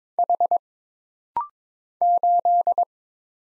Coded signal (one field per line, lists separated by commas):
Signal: Morse code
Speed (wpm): 22 wpm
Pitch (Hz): 700 Hz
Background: none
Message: H 8